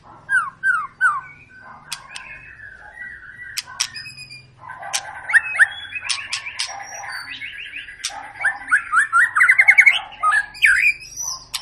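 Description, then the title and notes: White-rumped shama song mixing soft whistles, sharp clicks and a fast rising trill of repeated notes over low background hum. Long, lively lure song of a white-rumped shama, used to prompt other birds to sing. "Pancingan Murai Batu Gacor Panjang. muraiku"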